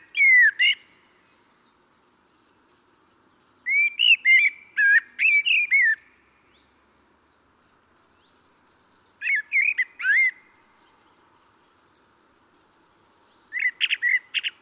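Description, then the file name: Common blackbird song: four bursts of fluty warbling mixed with sharp high squeaks, a few seconds apart. "Turdus merula"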